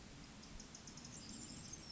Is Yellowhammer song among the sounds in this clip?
no